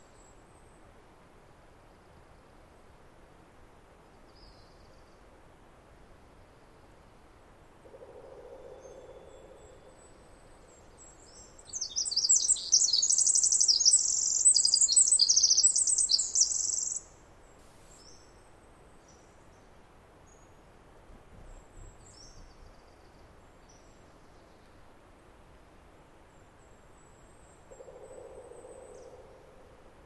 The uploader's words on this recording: The very loud Pacific Wren. Snider Jackson/ Rugged Ridge trail.